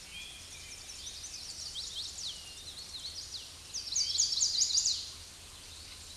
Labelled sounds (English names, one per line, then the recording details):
Chestnut-sided Warbler song
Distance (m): 45 m
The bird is about 10 m above the microphone
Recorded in a Pennsylvania forest on 16 May 2024 at 07:17
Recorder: AudioMoth, point MSD-2257
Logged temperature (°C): 16.0 °C
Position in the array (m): 168 m, 209 m